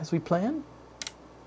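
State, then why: Seated. Someone talks briefly, then a 3D-printed plastic half-C clip holding an RGB strip is pressed onto acrylic hardline tubing of a PC water-cooling loop. Two sharp clicks sound at 1.0 and 1.1 seconds as the clip snaps into place, seated on the tube.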